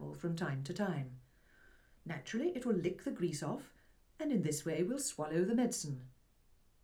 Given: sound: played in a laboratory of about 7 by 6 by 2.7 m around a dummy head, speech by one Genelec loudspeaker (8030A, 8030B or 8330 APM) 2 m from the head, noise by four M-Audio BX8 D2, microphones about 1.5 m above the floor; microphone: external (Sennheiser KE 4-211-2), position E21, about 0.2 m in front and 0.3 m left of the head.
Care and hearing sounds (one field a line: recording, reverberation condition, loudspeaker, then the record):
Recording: female speech in English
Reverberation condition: low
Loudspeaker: 90 degrees to the left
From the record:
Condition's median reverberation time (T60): about 310 ms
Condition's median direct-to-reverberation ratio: about 3.5 dB